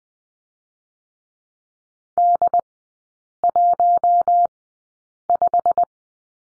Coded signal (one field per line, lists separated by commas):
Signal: Morse code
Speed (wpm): 20 wpm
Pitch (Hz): 700 Hz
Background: none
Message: D15